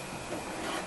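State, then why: Not seated. A new headlight bulb for a 2010 Kia Rondo is being pushed into its headlight socket, giving a steady broadband rubbing, scraping handling noise for about 0.9 seconds with no sharp transients. Nothing has seated or clicked yet.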